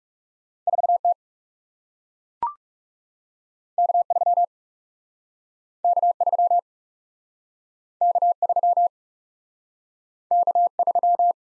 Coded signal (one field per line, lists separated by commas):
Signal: Morse code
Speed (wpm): 40 wpm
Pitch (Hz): 700 Hz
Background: none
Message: 4 T K 3 K 3 K 3 K 3